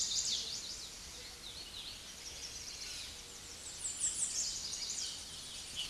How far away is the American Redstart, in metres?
about 25 m